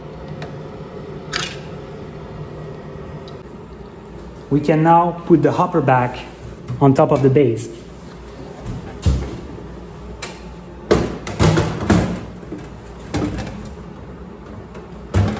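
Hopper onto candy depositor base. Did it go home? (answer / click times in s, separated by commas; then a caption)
no / none. A Truffly Made automatic candy depositor's hopper is handled as it is being put back on top of its base, where it is meant to be pressed down until it clicks and locks. Someone talks over low background noise, followed by several sharp knocks and handling sounds. Nothing has seated or clicked yet.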